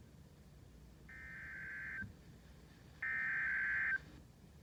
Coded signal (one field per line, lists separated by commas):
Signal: Emergency Alert System (SAME) tones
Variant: header bursts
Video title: [EAS #245-246 | Double-Header] Henri | 2 Storm Surge Warnings (KWO35)